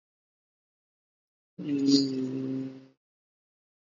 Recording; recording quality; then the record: sustained vowel as in beet; excellent, no background noise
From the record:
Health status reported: healthy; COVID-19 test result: negative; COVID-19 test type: rapid antigen test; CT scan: not taken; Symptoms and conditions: cough, fatigue, diarrhoea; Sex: male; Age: 25 years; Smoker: no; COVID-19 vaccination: both doses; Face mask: worn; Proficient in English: yes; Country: India